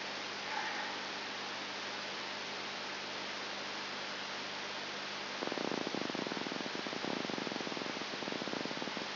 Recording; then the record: brain microelectrode recording played as sound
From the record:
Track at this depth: outside the subthalamic nucleus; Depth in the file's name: 7.499 mm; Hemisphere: left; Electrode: 2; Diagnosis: Parkinson's disease